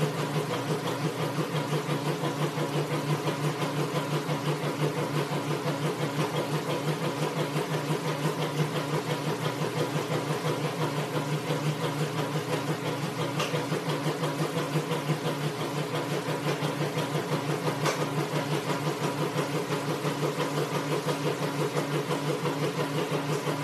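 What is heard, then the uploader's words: A washing machine runs with a steady, dense motor hum and rapid rhythmic churning, unchanging throughout, with faint brief clicks near 13 and 18 seconds. Washing Machine | ASMR RELAX SLEEP MEDITATION.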